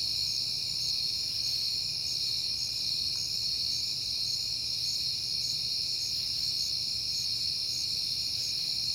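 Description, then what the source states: Crickets keep up a dense, shrill chorus of trills layered at several pitches with a pulsed chirp above, unbroken throughout, over a soft low background rumble. Crickets at night in September, on a peaceful night.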